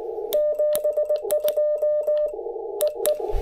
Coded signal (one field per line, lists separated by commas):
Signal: Morse code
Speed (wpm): 19 wpm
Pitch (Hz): 600 Hz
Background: none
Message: 72 E E